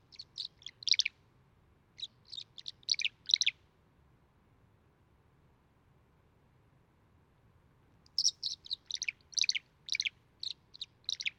Violet-green Swallow call recorded in Upper Beaver Meadows in Rocky Mountain National Park.